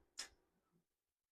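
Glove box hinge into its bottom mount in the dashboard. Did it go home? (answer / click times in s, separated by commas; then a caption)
yes / 0.2 s. A Skillard's aluminum glove box hinge for a 280Z is pushed down slightly and slid back into its bottom retainer in the dashboard. It gives one sharp, bright click at 0.2 s, followed by a faint low rustle and quiet. The hinge clicks into place and is locked back in its mount.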